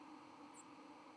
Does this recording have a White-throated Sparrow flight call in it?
no